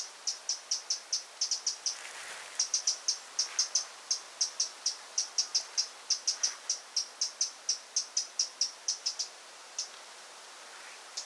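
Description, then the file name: Eurasian wren giving a long run of hard, high ticking notes, about four to five a second, pausing briefly near the start and toward the end. "Troglodytes troglodytes"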